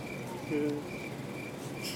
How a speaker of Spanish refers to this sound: qué silencio tan incómodo. Ya tengo los grillos en la compu, no te apures.